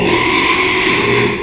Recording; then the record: squeal of a Yucatan mini pig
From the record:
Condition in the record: after surgery on the right vocal fold (resection and tissue-engineered implant); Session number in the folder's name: 1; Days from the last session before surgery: 6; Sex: male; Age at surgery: 12 weeks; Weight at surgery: 13 kg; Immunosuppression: cyclosporine, prednisolone